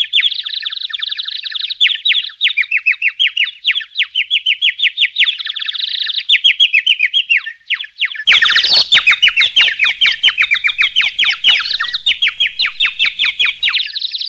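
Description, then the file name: Birds singing, rapid repeated chirps and trills, with a denser, louder burst of chirping joining partway through. Many birds. "paljon lintuja"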